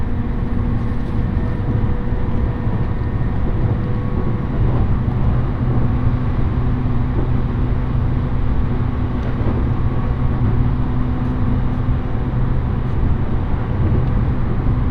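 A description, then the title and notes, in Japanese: A train ride on the Tōhoku Main Line, heard as a steady, dense rumble weighted toward the low end. Faint tones hum through it at even pitch, and a few light clicks and rattles surface near the middle and toward the end. 鉄道旅 東北本線 黒磯→新白河。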